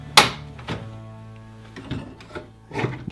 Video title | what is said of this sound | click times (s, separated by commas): How to build the DreamBox (DIY) | And then you're going to move this down. You're going to hear a clicking sound. | 0.2 s